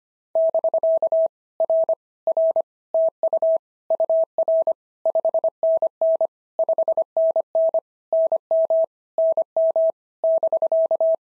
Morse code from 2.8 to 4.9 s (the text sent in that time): TU UR